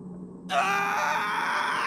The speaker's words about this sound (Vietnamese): Nhà sai hét lên một tiếng kinh hãi, rồi ngã ngồi xuống đất.